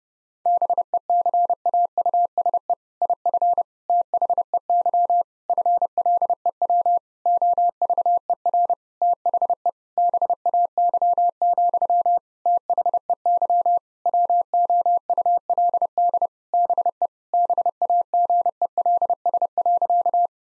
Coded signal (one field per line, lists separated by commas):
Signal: Morse code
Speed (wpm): 30 wpm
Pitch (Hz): 700 Hz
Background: none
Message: BECAUSE IF THEY FLEW OVER THE BAY, THEY WOULD BE BAGELS.